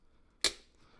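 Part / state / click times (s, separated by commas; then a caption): action figure leg in its ratcheting hip joint / released / 0.4 s. A plastic leg joint on a 1/6 scale Hot Toys Carnage Deluxe action figure is pulled down hard in its ratcheting hip joint until it extends out of the hip. A single sharp, bright click comes at 0.4 s and fades within about two tenths of a second, against quiet background. The leg is released out of the hip.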